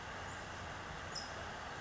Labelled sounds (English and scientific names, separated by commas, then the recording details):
California Towhee (Melozone crissalis)
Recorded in Sonoma County, California